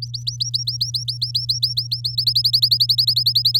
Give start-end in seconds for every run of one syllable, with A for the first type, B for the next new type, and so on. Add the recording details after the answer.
0.02-2.15 A, 2.17-3.59 B. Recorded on 8 May 2018 at 05:47. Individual llb16